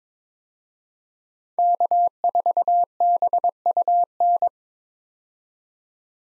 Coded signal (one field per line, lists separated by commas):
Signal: Morse code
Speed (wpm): 22 wpm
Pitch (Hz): 700 Hz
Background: none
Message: K4BUN